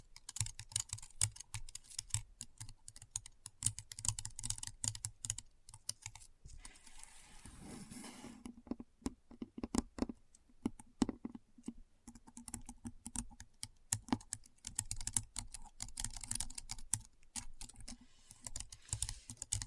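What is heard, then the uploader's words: Keyboard typing with rapid, dense key clicks clattering almost continuously. Around the seven- to nine-second mark the tapping thins and a softer, lower thumping takes over briefly, then fast, crisp typing resumes through the end with an uneven rhythm. ASMR Keyboard Sounds (No Talking).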